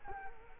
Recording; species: mosquito wingbeat signal from an infrared sensor; Culex quinquefasciatus